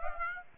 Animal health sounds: mosquito wingbeat signal from an infrared sensor; Aedes aegypti

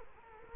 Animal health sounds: mosquito wingbeat signal from an infrared sensor; Culex quinquefasciatus

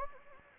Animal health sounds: mosquito wingbeat signal from an infrared sensor; Anopheles gambiae

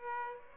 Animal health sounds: mosquito wingbeat signal from an infrared sensor; Aedes aegypti

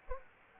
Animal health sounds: mosquito wingbeat signal from an infrared sensor; Anopheles arabiensis

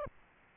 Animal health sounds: mosquito wingbeat signal from an infrared sensor; Aedes aegypti

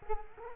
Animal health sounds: mosquito wingbeat signal from an infrared sensor; Culex quinquefasciatus

